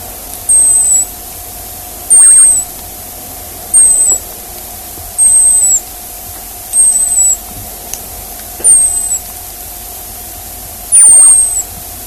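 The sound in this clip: Hazel dormouse giving thin, very high squeaky whistles, each slightly falling, seven in a row about every two seconds, over a steady hum.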